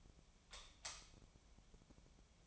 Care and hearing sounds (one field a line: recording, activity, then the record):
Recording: daily activity, microphone in the room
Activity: light off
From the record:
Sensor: 1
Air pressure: 1009.9 hPa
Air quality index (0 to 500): 190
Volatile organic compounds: 18 ppm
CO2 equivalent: 2604 ppm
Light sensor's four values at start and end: 46/131/54/62 and 36/92/38/46